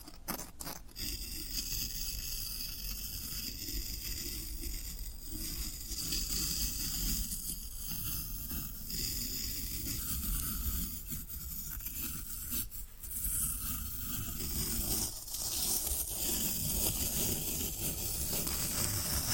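Floral foam being handled, with a continuous crunchy, scratchy texture running the whole way through. A low rumble sits under a bright hiss, and brief sharp crackles stand out near the start and around twelve to thirteen seconds. The level stays fairly even throughout.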